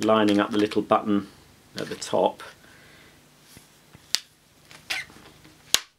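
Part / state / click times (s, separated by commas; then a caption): vacuum hose end into handle / seated / 4.1 s, 5.7 s. Someone talks while the plastic handle of an AEG Ultraone Green vacuum cleaner is lined up by its small top button and pushed onto the end of the hose. Sharp clicks ring out at 4.2 s and 5.7 s as the button latch snaps. The handle is seated, clicked into place on the hose.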